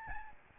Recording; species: mosquito wingbeat signal from an infrared sensor; Aedes albopictus